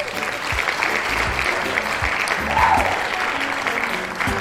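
A round of applause: dense, steady clapping from many hands fills the whole stretch at an even loudness, with a faint voice surfacing briefly partway through.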